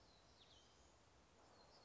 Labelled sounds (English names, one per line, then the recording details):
Black-throated Gray Warbler
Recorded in Sonoma County, California